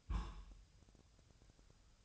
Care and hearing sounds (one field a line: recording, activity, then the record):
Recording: daily activity, microphone in the room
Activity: place on stove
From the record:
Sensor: 2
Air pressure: 999.2 hPa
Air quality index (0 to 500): 196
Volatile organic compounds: 27 ppm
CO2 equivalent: 2896 ppm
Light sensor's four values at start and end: 6/15/6/6 and 6/15/6/6